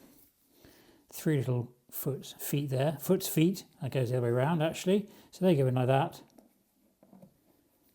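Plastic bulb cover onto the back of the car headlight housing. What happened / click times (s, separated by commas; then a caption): Plastic cover positioned and lined up, not yet seated / none. Someone talks while lining up the plastic bulb cover, with its three little feet, on the back of a Porsche 981 Boxster headlight housing, turning it the right way round and positioning the feet before pushing it home. A few faint taps from handling follow near the end, but nothing has clicked or seated yet.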